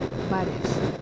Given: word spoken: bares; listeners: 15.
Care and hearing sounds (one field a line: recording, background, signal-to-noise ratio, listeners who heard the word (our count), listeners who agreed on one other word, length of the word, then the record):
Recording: one Spanish word in noise, from a listening test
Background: noise modulated by three-talker babble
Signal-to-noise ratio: -3.5 dB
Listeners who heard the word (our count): 4 of 15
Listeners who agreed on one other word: 9 of 15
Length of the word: 0.61 s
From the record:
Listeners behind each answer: 9, 4, 1, 1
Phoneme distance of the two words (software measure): 10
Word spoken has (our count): 2 syllables, 5 phonemes, stress on syllable 1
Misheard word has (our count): 2 syllables, 5 phonemes, stress on syllable 1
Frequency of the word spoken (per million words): 10.59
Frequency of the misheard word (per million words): 11.99